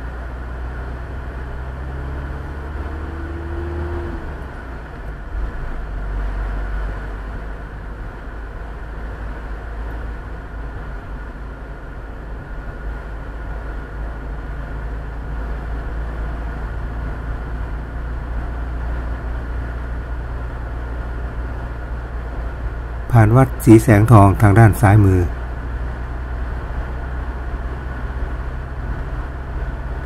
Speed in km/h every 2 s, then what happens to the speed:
20, 24, 24, 26, 27, 28, 28, 27, 29, 30, 30, 30, 32, 33, 33.
0-9 speeds up to 28. 9-30 steady at about 30.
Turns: none.